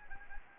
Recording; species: mosquito wingbeat signal from an infrared sensor; Anopheles arabiensis